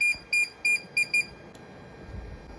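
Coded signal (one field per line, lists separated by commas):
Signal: beep code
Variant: Hikvision DVR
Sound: five quick high-pitched electronic beeps in a row, then a faint room hum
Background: faint room hum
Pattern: 5 short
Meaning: The hard disk is not working or not detected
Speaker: ஹார்ட் டிஸ்க் ஒர்க் ஆகல அப்படினாலும் இந்த மாதிரி பீப் சவுண்ட் வரும்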